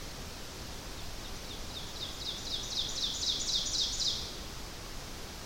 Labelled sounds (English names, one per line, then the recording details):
Ovenbird song
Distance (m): 65 m
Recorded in boreal forest in Alberta, Canada, on 12 June 2016 at 07:01
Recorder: SongMeter 3, array SBT-3-18
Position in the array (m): 246 m, 97 m
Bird 31